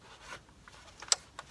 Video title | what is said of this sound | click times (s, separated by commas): BMW How To Check Oil Level No Dipstick 328i Xdrive | that way i can read the bmw signs nice and you hear it click in it's | 1.1 s